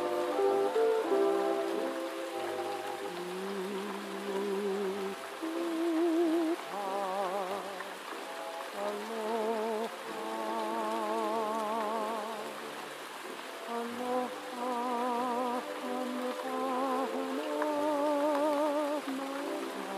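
Steady, soft rain hisses throughout, an even wash with no distinct drops standing out. Beneath it, old-fashioned music with a wavering, vibrato-laden voice plays muffled and distant, as if from another room, its bass and sparkle dulled away.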